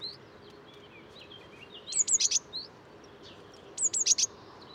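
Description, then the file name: Blue tit calls: two bursts of high, sharp notes near two and four seconds, each a quick cluster of four or five thin chips, with fainter high notes early on. "Cyanistes caeruleus"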